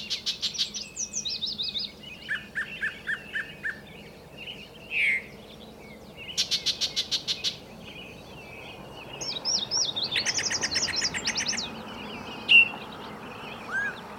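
Bird song with high twittering, a short series of lower repeated notes, a buzzy trill and scattered chirps over faint background hiss.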